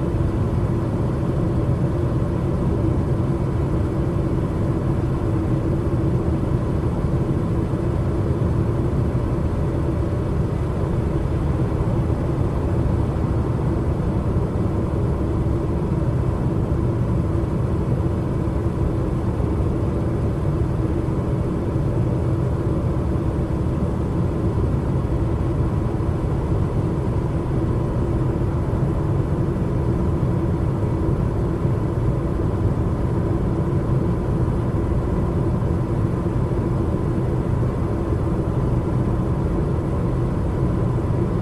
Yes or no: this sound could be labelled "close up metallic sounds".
no